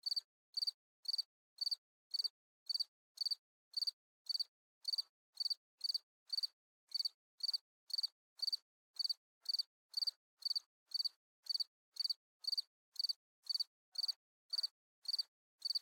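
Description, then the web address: Cricket chirping in short, high, pulsed bursts repeated steadily about twice a second, with near silence between chirps. At night. "Big Room Sound Crickets"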